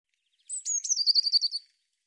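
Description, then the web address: Bird song: a single bright phrase of high whistled notes running into a quick, slightly falling trill. "cianscape birddata Deverinetal Bird Cy Ca Cy Ca"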